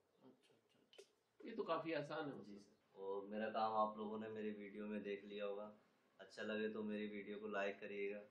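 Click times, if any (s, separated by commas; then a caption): 0.9 s. A stainless steel baffle filter is fitted into a Faber Premia 3D Plus IND HC SC BK 60 kitchen chimney hood, its lock going into a cut at the top. A short, sharp click at 0.9 s marks the filter locking into place. Someone then talks.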